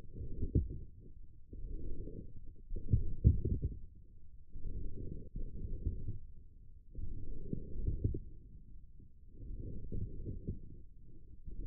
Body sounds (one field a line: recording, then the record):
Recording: forearm muscle sounds (acoustic myography)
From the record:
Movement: forearm pronation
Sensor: system 1, eight BSWA MPA416 microphones around the upper forearm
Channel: 7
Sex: male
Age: 28 years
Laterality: right